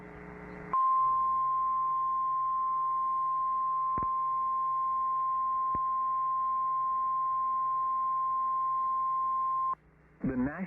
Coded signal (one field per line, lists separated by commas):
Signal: Emergency Alert System (SAME) tones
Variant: 1050 Hz attention tone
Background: speech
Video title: 06 03 2026 07;36;04 PM 44 (EAS TORNADO WARNING)